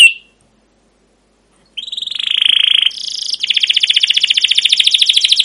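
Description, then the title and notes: Canary song opening with a short chirp, a silent gap, then a long buzzy note flowing into a rapid, even trill of high notes. Caged canary singing continuously in the chirping and rolling style called cuit cuit ngerol, used as a lure and master song for young canaries learning sounds. "CUIT CUIT NGEROL LANGSUNG GACOR PANJANG Kenari Pancingan KENAR. PANCINGAN Kenari GACOR PANJANG Cuit CUIT EMOSI MASTERAN Kenari PAUD belajar BUNYI. burung kenari"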